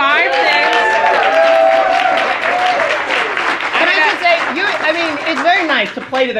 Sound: applause